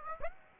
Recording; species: mosquito wingbeat signal from an infrared sensor; Aedes aegypti